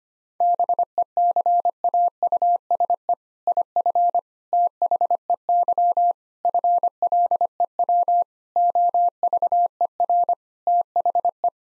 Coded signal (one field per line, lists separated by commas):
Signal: Morse code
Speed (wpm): 25 wpm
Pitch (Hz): 700 Hz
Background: none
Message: BECAUSE IF THEY FLEW OVER THE